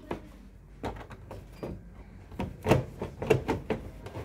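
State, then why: Not seated. A plastic wiring cover on an Aqua twin-tub washing machine is handled as it is closed, with its locking tab being put into a hole before it is pushed left to lock. A series of short, sharp knocks and rattles is heard, with the loudest cluster near the end. Nothing has seated or clicked yet.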